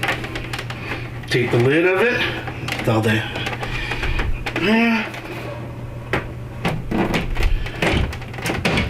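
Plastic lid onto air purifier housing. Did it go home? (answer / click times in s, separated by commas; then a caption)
yes / 8.6 s. A plastic lid is pressed back onto an air purifier housing after the filter is replaced, with someone talking over scattered handling clicks and knocks. The lid snaps into place with a sharp click at 8.7 s, seating it on the housing.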